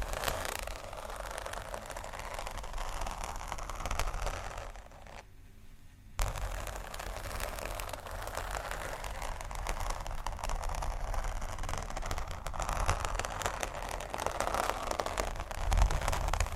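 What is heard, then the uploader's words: Scratching and tapping textures fill the clip with a dense, rough rustle over a steady low rumble, full of small quick clicks. Around five to six seconds the sound drops to a quiet gap, then the scratching resumes and grows slightly louder toward the end. ASMR 2 Magic Textures (scratching, Tapping)（No Talking）.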